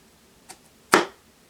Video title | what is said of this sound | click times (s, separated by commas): Foam board scratch built rc planes with hatch | you hear that click. | 0.9 s